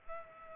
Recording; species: mosquito wingbeat signal from an infrared sensor; Culex pipiens